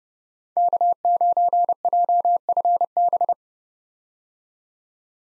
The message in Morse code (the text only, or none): K9JFB